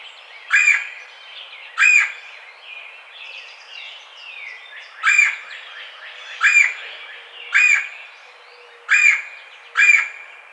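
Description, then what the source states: Red-bellied woodpecker repeating harsh rolling churrs, seven in about ten seconds at uneven spacing, while fainter bird chatter fills the gaps. Recorded on 4 May 2009.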